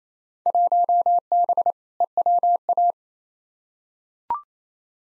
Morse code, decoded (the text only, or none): 1B EWA